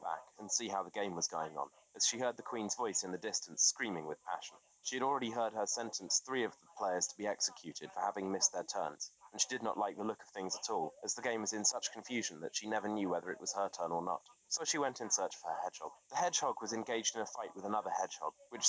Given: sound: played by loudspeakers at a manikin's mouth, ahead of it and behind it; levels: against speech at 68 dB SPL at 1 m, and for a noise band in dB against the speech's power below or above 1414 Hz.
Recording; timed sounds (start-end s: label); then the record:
test signals for a remote microphone
0.00-18.69 s: man speaking, babble ahead at +6 dB SNR for speech at 1 m
From the record:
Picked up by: remote microphone B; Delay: 24 ms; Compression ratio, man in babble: 1.70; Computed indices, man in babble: HASPI 0.999, HASQI 0.276 (non-linear 0.326, linear 0.847), ESTOI 0.728